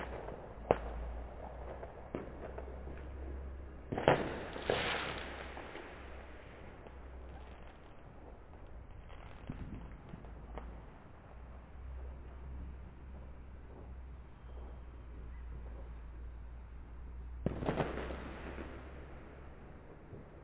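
Fireworks go off in a scattered run of sharp bangs, with sudden hits around the first second, near four and five seconds, and again at seventeen seconds. A steady low rumble and a dense crackling wash fill the gaps between blasts.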